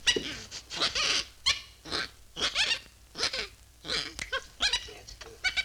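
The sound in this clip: Monkey chatter in short excited squeals and squeaks, coming in rapid clusters separated by short gaps.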